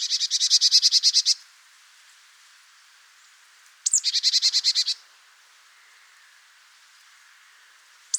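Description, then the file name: Marsh tit giving buzzy scolding calls: two bursts of rapid nasal notes, the second starting with a thin downslurred whistle, and another whistle at the very end. "Poecile palustris"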